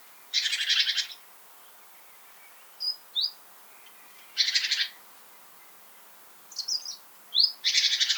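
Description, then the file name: Great tit harsh rasping churr calls, three buzzy bursts a few seconds apart, with short thin high-pitched notes between them. "Parus major"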